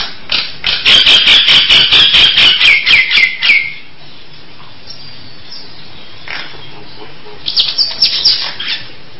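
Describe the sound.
Nias hill myna song, a fast run of loud, rattling repeated notes for about four seconds, a quiet pause, then a shorter burst of similar notes.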